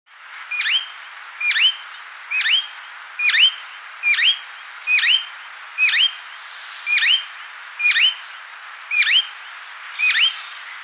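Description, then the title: Bird song: a bright, sharply upswept whistled note given about once a second, eleven times in a row. "LuckyPassaro Completos2Sama"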